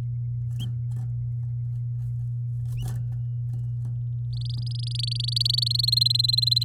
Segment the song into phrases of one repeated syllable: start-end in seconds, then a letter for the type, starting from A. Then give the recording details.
4.33-5.64 A, 5.66-6.63 B. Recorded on 6 May 2018 at 10:42. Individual llb16